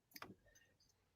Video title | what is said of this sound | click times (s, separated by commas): Review: Vapefly Manners Pod - Manners Maketh Man | way, and it's a nice click, | 0.2 s